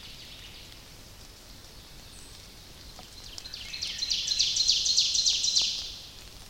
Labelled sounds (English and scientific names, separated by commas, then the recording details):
Ovenbird (Seiurus aurocapilla) song
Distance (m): 50 m
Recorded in boreal forest in Alberta, Canada, on 29 May 2016 at 05:14
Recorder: SongMeter 3, array SBT-3-49
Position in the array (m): 81 m, 250 m
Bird 14